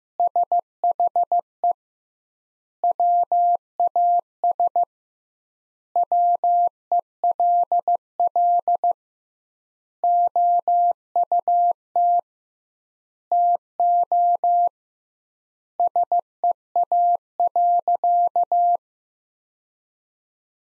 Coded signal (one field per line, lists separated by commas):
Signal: Morse code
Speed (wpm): 15 wpm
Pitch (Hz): 700 Hz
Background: none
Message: SHE WAS WELL OUT TO SEA.